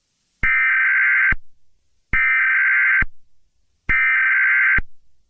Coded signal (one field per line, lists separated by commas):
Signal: Emergency Alert System (SAME) tones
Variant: header bursts